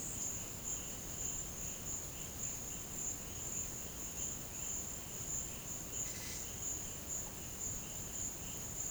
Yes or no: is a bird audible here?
yes